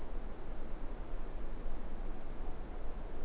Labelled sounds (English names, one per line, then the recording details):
Morepork more-pork call
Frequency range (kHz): Morepork 0.5-1.0 kHz
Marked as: faintness 5/5
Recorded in New Zealand
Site Eglinton